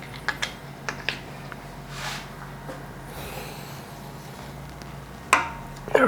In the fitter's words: we go clicks into place